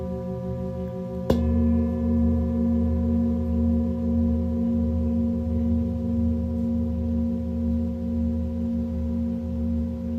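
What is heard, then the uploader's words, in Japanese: A Tibetan singing bowl hums low and steady, then is struck sharply at about one second, adding a bright ring above the drone. Its layered tones sustain evenly to the end with a slow, gentle wavering and no further strikes. 深夜のシンギングボウルのサウンドヒーリング。チベタンシンギングボウル。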